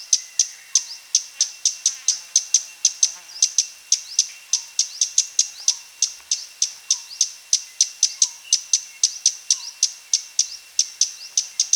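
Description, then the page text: Scarlet-backed flowerpecker giving thin, high clicking calls, steadily repeated about three to four times per second. "Scarlet-Backed Flowerpecker Calls Sound Effect. Quick Sounds"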